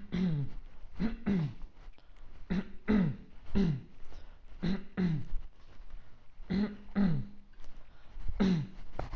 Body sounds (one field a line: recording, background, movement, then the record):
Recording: throat clearing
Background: quiet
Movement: walking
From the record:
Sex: male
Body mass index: 20.5 kg/m2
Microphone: on the chest, facing outward